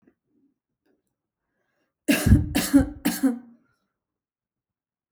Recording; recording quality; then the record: shallow voluntary cough; excellent, no background noise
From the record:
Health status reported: healthy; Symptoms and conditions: none ticked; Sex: female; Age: 29 years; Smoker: not ticked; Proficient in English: yes